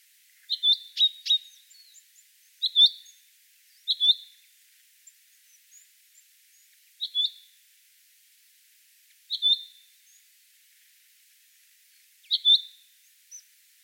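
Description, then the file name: Common chaffinch calls: short, sharp doubled notes at a fairly high pitch, repeated at uneven intervals, with a few faint softer notes between. "Fringilla coelebs"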